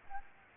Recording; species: mosquito wingbeat signal from an infrared sensor; Culex pipiens